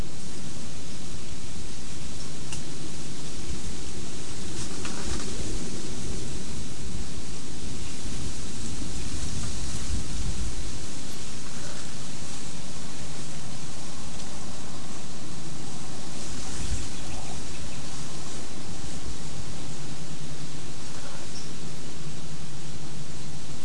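Wind rushes steadily through bay and oak leaves, a dense, even hiss with a low rumble underneath that swells in gusts around the middle and again near seventeen seconds. Faint scratches and rustles of a towhee foraging in leaf litter surface here and there.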